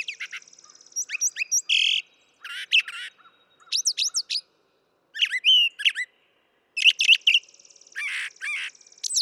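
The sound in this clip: Brown thrasher song: a sequence of varied phrases, high trills, whistled slurs and harsh notes, with short pauses.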